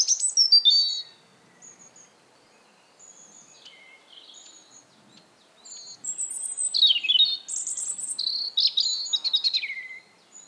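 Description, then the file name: European robin: a loud opening flourish, soft scattered high whistles, then a long, varied run of piercing, sliding, warbled notes. "Erithacus rubecula"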